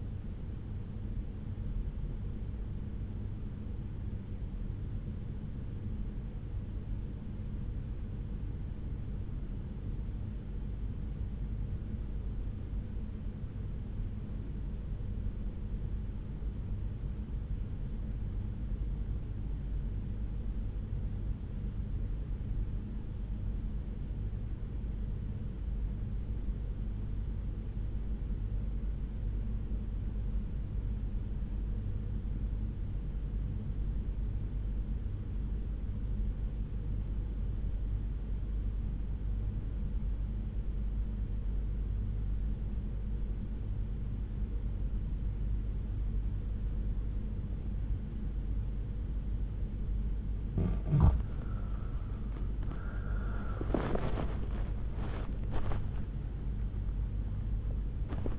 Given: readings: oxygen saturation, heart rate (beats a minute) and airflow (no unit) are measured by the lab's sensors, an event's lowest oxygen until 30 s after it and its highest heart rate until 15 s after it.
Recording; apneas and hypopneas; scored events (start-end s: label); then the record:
breathing in sleep by a smartphone at the bedside; 1
3.00-49.50 s: obstructive apnea (REM, oxygen 96% highest, then 79% lowest)
50.00-58.39 s: new sleep stage, N1 (lightest sleep)
From the record:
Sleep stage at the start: REM sleep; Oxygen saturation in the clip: 82 to 96%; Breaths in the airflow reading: 2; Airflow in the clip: -12.2 to 13.5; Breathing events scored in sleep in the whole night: 368 in 8.0 hours asleep